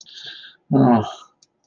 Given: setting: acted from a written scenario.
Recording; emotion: vocal sound without words; shame